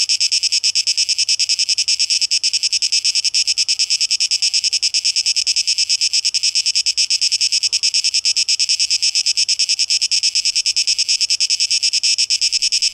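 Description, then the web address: Cicada chorus: a dense, hissing high buzz throbbing in quick regular pulses through the whole stretch. Cicadas, 12 August 2023; tape echo mix. "rauschpartikel 2023-08-12 Zikaden"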